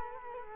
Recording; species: mosquito wingbeat signal from an infrared sensor; Culex quinquefasciatus